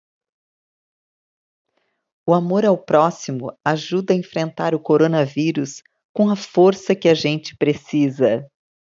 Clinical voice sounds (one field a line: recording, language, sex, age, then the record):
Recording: spoken sentence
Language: Brazilian Portuguese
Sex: female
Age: 60 to 69 years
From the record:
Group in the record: control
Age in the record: 65 years